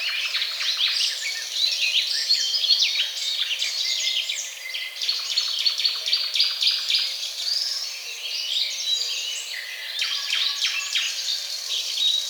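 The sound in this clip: Birds in a busy chorus of rapid, sharp chirps and twitters, overlapping throughout.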